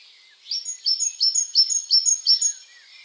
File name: Parus major